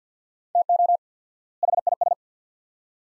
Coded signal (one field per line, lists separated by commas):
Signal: Morse code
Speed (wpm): 50 wpm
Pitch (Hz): 700 Hz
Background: none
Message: TO HIS